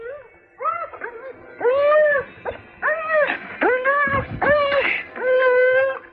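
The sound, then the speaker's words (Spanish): A frightened, trembling dog whimpers beside its doghouse on a cold, dark night, in a string of about eight high, wavering whines, each rising and falling, with a brief rough growl mixed in partway through. “Asustado, temblando de miedo, gruñendo junto a la casita, huyendo de algo o de alguien, de alguna presencia que él no podía comprender, ¿acaso?”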